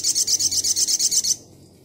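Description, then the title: Spiderhunter giving a brief, rapid trill of high, pulsing notes that stops abruptly. Labaik variant, from a masteran training recording for cage birds. "Masteran Burung Sogok Ontong Labaik"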